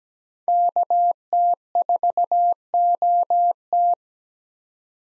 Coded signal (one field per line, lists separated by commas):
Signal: Morse code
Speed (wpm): 17 wpm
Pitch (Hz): 700 Hz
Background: none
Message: KT4OT